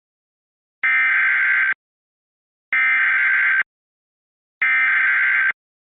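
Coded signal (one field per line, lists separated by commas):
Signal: Emergency Alert System (SAME) tones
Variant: header bursts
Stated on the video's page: Recreation of an alert received on Xfinity cable TV, with valid EAS tones.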